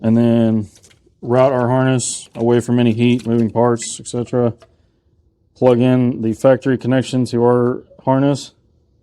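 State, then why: Not seated. The factory injector harness connector on a 2021 Renegade Verona motorhome with an L9 Cummins engine is being handled for plugging into an add-on module harness connector, after the harness is routed away from heat and moving parts. Someone talks throughout, with no distinct clicks heard. The factory tabs have not locked yet, so nothing has seated or clicked.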